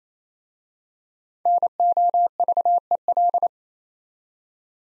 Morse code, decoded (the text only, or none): NOVEL